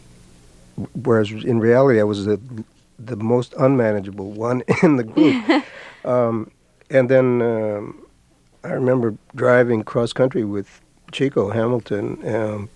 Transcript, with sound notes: whereas, in reality, I was the most unmanageable one in the group.
(LAUGHTER)
And then I remember driving cross-country with Chico Hamilton